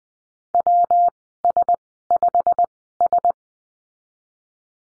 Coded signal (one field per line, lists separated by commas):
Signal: Morse code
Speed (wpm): 20 wpm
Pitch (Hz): 700 Hz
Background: none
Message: WS5S